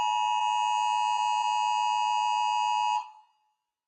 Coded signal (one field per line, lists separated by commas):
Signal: Emergency Alert System (SAME) tones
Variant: 853 and 960 Hz attention tone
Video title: I slowed down EAS alarms